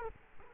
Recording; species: mosquito wingbeat signal from an infrared sensor; Culex quinquefasciatus